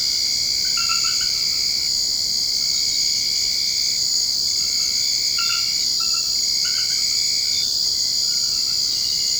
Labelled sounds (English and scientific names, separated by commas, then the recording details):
none
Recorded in secondary vegetation near Puerto Asís, Putumayo, Colombia, on 24 March 2025 at 23:00
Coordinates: 0.488, -76.319
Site G095